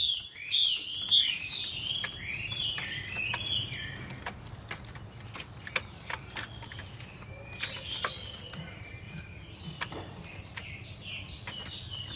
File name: Tieng chim hoa mi mai kich trong